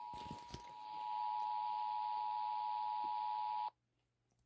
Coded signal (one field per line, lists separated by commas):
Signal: Emergency Alert System (SAME) tones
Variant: 853 and 960 Hz attention tone